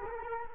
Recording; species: mosquito wingbeat signal from an infrared sensor; Culex quinquefasciatus